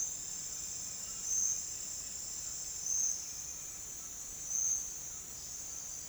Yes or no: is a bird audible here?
no